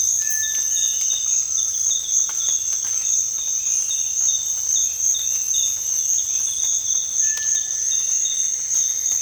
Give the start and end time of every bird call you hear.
[0.16, 0.91] bird call
[7.17, 8.03] bird call

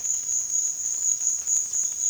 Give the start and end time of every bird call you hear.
[1.53, 2.09] bird call

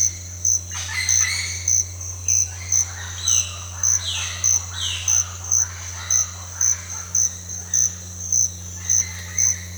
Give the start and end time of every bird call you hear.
[0.70, 1.56] bird call
[2.46, 7.11] bird call

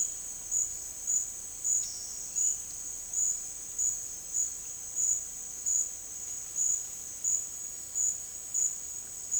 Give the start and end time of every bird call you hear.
[1.77, 3.05] bird call

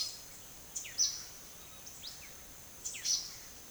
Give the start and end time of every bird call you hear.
[0.00, 3.25] bird call

